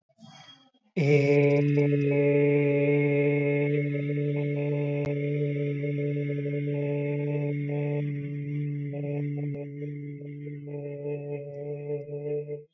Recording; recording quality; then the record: sustained vowel as in made; excellent, no background noise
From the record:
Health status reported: healthy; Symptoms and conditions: none ticked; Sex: male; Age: 25 years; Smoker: not ticked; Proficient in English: yes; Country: India